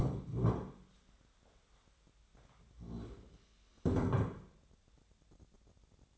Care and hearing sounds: daily activity, microphone in the room; stand up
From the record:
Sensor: 3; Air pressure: 1015.2 hPa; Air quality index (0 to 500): 180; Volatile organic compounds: 17 ppm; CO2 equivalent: 2581 ppm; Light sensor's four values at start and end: 15/38/15/16 and 14/34/14/14

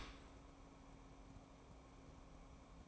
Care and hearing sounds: daily activity, microphone in the room; open dishwasher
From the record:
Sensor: 1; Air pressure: 1012.4 hPa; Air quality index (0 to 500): 167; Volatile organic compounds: 3 ppm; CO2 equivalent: 1367 ppm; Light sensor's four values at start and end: 594/1275/594/649 and 591/1269/590/645

